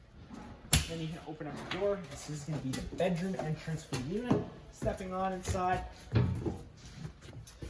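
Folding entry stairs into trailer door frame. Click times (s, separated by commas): 0.7 s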